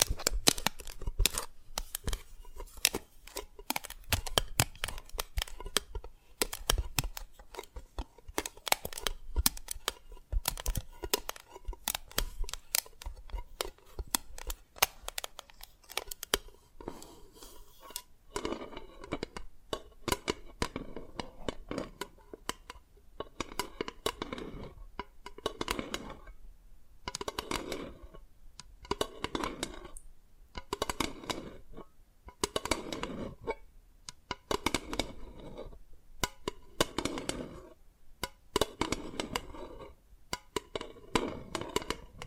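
Sharp tapping and cracking on dalgona candy, dense irregular clicks at first, then after about eighteen seconds slower, fuller cracks with brief pauses.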